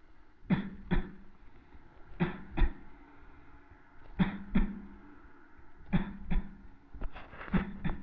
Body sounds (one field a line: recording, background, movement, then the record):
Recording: voluntary coughing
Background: traffic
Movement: sitting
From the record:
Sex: male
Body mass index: 23.7 kg/m2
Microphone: on the chest, facing the body